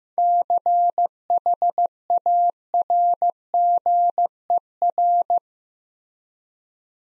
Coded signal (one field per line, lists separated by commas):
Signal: Morse code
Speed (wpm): 15 wpm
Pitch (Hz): 700 Hz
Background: none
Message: CHARGER